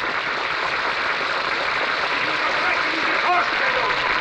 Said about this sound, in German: Spontaner Applaus im Kinosaal, Abbruch der Vorstellung.